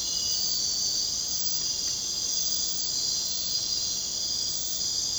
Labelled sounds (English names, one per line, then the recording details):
none
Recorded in secondary vegetation near Puerto Asís, Putumayo, Colombia, on 23 June 2025 at 00:30
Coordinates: 0.484, -76.319
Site G074